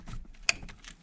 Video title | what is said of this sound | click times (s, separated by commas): Auto que no Arranca solo hace Ruido Electrico en el Switch de encendido | está cuando hace clic Ya está listo como se puede ver ya está la parte eléctrica del switch lista | 0.5 s